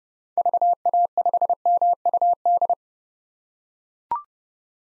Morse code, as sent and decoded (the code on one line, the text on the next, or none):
...- .- ..... -- ..- -..
VA5MUD